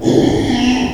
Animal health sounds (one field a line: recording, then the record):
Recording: squeal of a Yucatan mini pig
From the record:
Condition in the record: after surgery on the right vocal fold (resection and tissue-engineered implant)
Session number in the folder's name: 2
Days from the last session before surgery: 13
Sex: male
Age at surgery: 12 weeks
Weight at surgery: 13 kg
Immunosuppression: cyclosporine, prednisolone